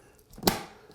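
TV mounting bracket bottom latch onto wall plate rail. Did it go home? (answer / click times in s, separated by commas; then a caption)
yes / 0.5 s. A TV mounting bracket, hooked over the top rail of a wall plate and pushed flush at the bottom, has its release cable pulled. Its bottom safety latch snaps into place on the metal rail with a sharp click at 0.5 s, after a few faint ticks. The latch is seated.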